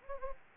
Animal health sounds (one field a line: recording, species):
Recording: mosquito wingbeat signal from an infrared sensor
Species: Anopheles gambiae